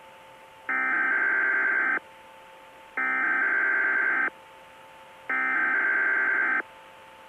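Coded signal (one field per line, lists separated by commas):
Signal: Emergency Alert System (SAME) tones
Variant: header bursts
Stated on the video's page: Fictional EAS scenario with valid SAME tones.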